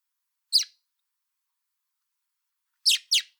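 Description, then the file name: Common blackbird calls: one sharp, high, downslurred chip, then a quick pair of the same notes a couple of seconds later, with silence between. "Turdus merula"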